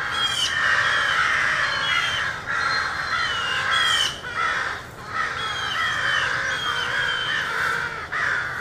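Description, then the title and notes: Crows giving harsh repeated caws in an irregular stream, other small birds chirping between them and a low traffic rumble underneath. Rowdy crows cawing loudly in treetops in an urban park just after sunrise, among other birds, with morning traffic. "Field Recording: The Wild and Raucous Sounds of Crows Cawing in the Treetops. a field recording of rowdy crows loudly cawing in the treetops amidst the sounds of other birds -- and since this was recorded in an urban park -- also you may hear the sounds of morning traffic"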